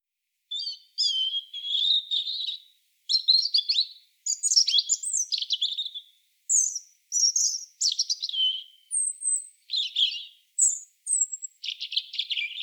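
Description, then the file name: European robin pouring out varied high phrases, tinkling trills, sharp thin whistles and jumbled twitters, nearly continuous with only brief pauses between them. "Erithacus rubecula"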